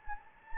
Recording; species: mosquito wingbeat signal from an infrared sensor; Anopheles gambiae